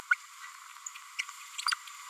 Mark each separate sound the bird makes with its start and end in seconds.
1.18-1.22, 1.58-1.61, 1.68-1.71